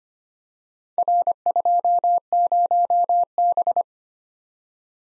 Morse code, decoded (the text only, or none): R20B